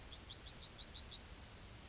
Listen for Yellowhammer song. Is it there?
yes